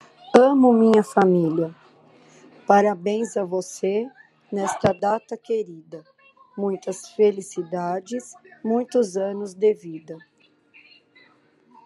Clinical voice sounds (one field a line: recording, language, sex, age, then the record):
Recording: short text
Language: Brazilian Portuguese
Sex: female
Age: 60 to 69 years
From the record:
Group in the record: control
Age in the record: 63 years